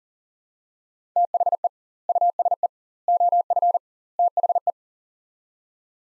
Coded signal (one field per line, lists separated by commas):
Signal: Morse code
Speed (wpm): 37 wpm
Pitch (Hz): 700 Hz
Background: none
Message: THE USE OF THE